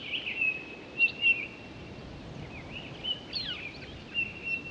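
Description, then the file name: Townsend's solitaire giving several pure, steady whistled notes mixed with brief warbling phrases over a quiet background hiss. On 23 October 2011. "20111023 townsends-solitaire"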